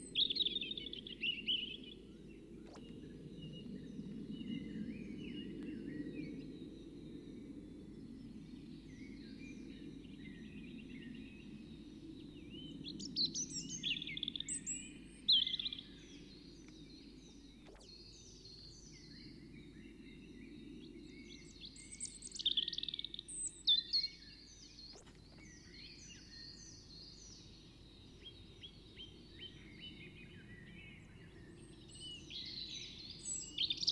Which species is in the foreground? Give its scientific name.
Erithacus rubecula